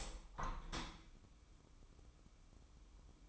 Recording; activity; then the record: daily activity, microphone in the room; open window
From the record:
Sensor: 1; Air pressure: 1015.0 hPa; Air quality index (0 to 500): 44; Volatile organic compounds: 1 ppm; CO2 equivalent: 623 ppm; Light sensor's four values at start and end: 10/25/10/11 and 10/25/10/11